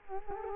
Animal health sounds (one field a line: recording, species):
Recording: mosquito wingbeat signal from an infrared sensor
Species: Culex quinquefasciatus